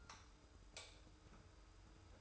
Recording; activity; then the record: daily activity, microphone in the room; light off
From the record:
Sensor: 2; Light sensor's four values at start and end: 30/78/31/31 and 25/60/24/24